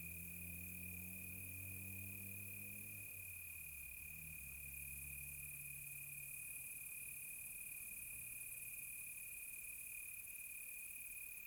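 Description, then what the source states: Crickets trill in a steady, unbroken high chorus over a shifting low droning hum. Crickets recorded close on a quiet tropical night.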